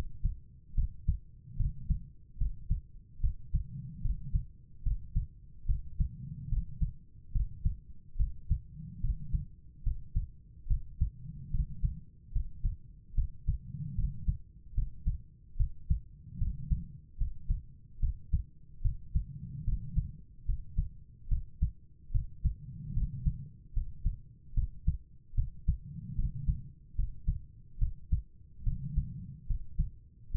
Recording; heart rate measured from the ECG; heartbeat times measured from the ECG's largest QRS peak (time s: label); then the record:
heart sounds by stethoscope; 73 bpm
0.74 s: heartbeat
1.56 s: heartbeat
2.37 s: heartbeat
3.20 s: heartbeat
4.01 s: heartbeat
4.82 s: heartbeat
5.66 s: heartbeat
6.48 s: heartbeat
7.32 s: heartbeat
8.16 s: heartbeat
9.00 s: heartbeat
9.83 s: heartbeat
10.67 s: heartbeat
11.50 s: heartbeat
12.32 s: heartbeat
13.14 s: heartbeat
13.94 s: heartbeat
14.74 s: heartbeat
15.56 s: heartbeat
16.37 s: heartbeat
17.17 s: heartbeat
17.99 s: heartbeat
18.81 s: heartbeat
19.64 s: heartbeat
20.45 s: heartbeat
21.28 s: heartbeat
22.11 s: heartbeat
22.93 s: heartbeat
23.73 s: heartbeat
24.53 s: heartbeat
25.34 s: heartbeat
26.15 s: heartbeat
26.95 s: heartbeat
27.78 s: heartbeat
28.63 s: heartbeat
29.46 s: heartbeat
30.31 s: heartbeat
From the record:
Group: healthy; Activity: rest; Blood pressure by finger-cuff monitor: 107/79 mmHg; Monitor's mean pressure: 89 mmHg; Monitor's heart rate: 74 bpm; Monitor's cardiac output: 5.3 L/min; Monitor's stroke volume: 72 mL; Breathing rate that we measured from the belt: 21 breaths a minute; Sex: female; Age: 32 years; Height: 172 cm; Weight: 71.7 kg